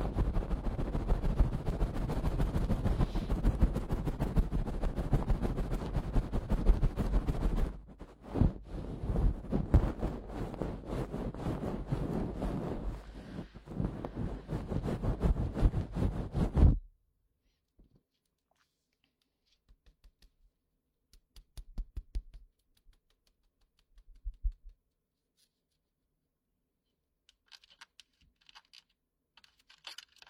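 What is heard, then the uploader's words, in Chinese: A goose-feather tool brushes in the ear with dense, loud rustling for about seventeen seconds, then near silence with a few faint scratches. 膝枕｜鹅毛棒掏耳朵。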